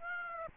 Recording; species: mosquito wingbeat signal from an infrared sensor; Aedes aegypti